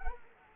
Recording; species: mosquito wingbeat signal from an infrared sensor; Culex quinquefasciatus